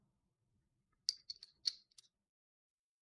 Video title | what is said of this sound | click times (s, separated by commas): APRS Digipeater Upgrade and Setup | into this come on there we go that was a satisfying click | 1.1 s